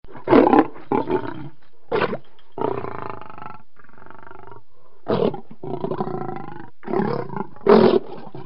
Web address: le bruit dun lion qui grogne dans sa cage